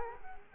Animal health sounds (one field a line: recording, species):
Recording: mosquito wingbeat signal from an infrared sensor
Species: Culex quinquefasciatus